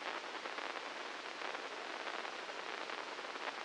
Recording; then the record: brain microelectrode recording played as sound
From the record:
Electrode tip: inside the subthalamic nucleus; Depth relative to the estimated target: -2 mm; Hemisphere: left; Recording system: NeuroSet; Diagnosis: Parkinson's disease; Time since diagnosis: 9 years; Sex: male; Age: 56 years